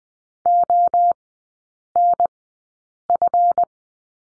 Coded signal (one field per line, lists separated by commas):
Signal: Morse code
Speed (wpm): 21 wpm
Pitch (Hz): 700 Hz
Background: none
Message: ONF